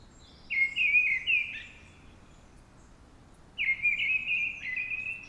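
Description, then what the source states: Mistle Thrush delivering two ringing, warbled whistle phrases about three seconds apart, in a quiet setting. Singing at dawn.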